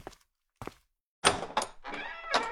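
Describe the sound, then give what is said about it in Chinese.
Knocking on a classroom door from outside: two soft, spaced thuds, then a louder run of heavier knocks that ring and blur together, with no voices. “教室外响起咚咚的敲门声”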